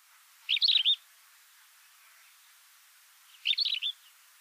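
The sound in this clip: Bird giving two short, high chattering phrases of quick chirped notes about three seconds apart, otherwise quiet.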